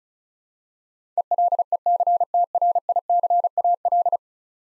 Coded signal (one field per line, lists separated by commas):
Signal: Morse code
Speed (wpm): 36 wpm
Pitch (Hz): 700 Hz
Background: none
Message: ELECTRICAL